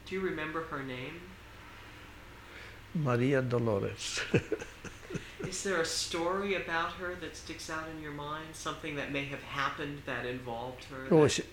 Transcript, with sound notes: Do you remember her name?
Maria Dolores. ( he laughs )
Is there a story about her that sticks out in your mind, something that may have happened that involved her?